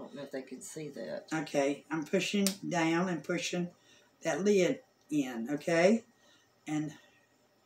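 A small plastic piece is laid on a plastic storage container lid and pressed down while the lid is pushed in, as someone talks throughout. Nothing has seated or clicked yet by the end of the clip.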